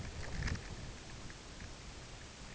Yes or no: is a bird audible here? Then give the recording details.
no. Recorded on Arctic tundra, site UTQI-5, on 16 June 2019. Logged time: 12:00